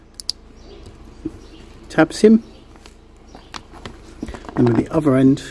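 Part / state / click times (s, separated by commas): plastic locking tab into waterproof connector housing / seated / 0.3 s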